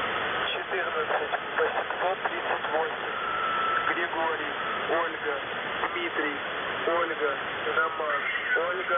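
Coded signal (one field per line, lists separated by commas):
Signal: coded military voice message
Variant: The Pip, Russian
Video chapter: 00:18 - ЙВБ1 14838 ГОДОРОГ 8771 6428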